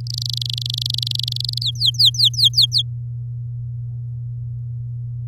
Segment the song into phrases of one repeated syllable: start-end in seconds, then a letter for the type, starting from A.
0.07-1.58 A, 1.61-2.82 B